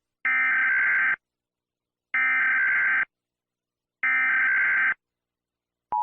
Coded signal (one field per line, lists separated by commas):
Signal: Emergency Alert System (SAME) tones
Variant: header bursts